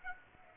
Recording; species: mosquito wingbeat signal from an infrared sensor; Aedes aegypti